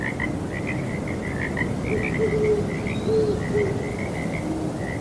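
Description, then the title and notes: Frogs calling in a continuous chorus of short croaks, with a constant breezy rush behind. Frogs calling on a breezy night. "Owls Hooting and Frogs on Breezy Night. Sleep and Relaxation Podcast"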